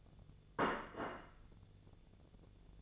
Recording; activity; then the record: daily activity, microphone in the room; place plate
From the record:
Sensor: 4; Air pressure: 1001.0 hPa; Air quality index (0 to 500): 143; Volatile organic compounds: 2 ppm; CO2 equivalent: 1059 ppm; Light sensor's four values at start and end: 25/61/25/26 and 25/61/25/26